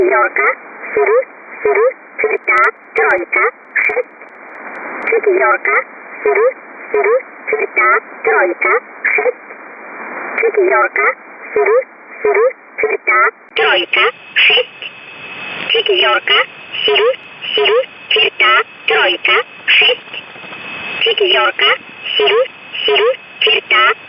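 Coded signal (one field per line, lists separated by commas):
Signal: numbers station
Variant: S11a Cherta, Russian voice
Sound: female-like voice repeating short Russian words in a steady loop over radio hiss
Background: radio static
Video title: 25 03 2019 S11a Cherta Numbers station in Russian to Eu 1015 on 11493 unknown tx site in USB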